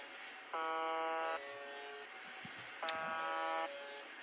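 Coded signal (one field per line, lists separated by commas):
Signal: channel marker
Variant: UVB-76 (The Buzzer)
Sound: two harsh, low, droning buzzes, each under a second, separated by static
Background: radio static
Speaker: we're going to talk about uvb-76 or buzzer today that's what that noise is uvb-76 yeah so this station transmits a buzzing sound that lasts about a second pauses for a second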